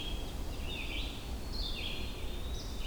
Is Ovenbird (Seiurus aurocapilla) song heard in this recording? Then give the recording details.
no. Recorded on 23 June 2016 at 06:43. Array SBT-6-76